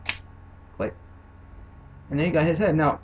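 A plastic part of a transforming robot toy is pulled down into position during transformation and locks into its joint with a sharp snap at 0.1 s. A fainter short knock follows around 0.8 s, and then someone talks.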